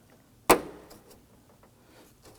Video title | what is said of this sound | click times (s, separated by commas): How to Replace Windshield Washer Nozzles 2008-2011 Ford Focus | Give it a little tug. Make sure it's locked in. | 0.5 s